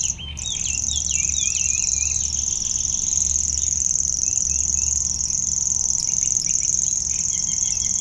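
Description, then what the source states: Common Grasshopper Warbler reeling song, a high, dry, insect-like trill held without a break after a brief gap at the start, while other birds chirp and twitter lower down. Rare bird in the reedbed at Châtillon beach, north of Lac du Bourget, Chindrieux, France.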